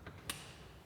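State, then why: Partly seated. A Polaris RANGER XP 900 UTV door is pressed closed against the striker pin on the frame, and its latch clicks into the first, initial engagement position at 0.3 s. A softer tick comes just before, at 0.1 s. The door is only partly latched, caught on the first of its two positions, and the final latch has not yet clicked.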